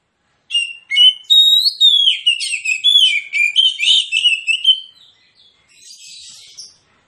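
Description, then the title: Oriental magpie-robin song, a burst of sweet whistles and scratchy notes for about four seconds, then a soft buzzy rasp before silence. Kacer in fighting mood, persistent full-volume song; also presented as relaxed therapy song for magpie-robins reluctant to sing. "Kacer Langsung Tarung Konslet KACER NGOTOT FULL TEMBAKAN. Kicau Kacer santaiterapi Kacer males bunyi"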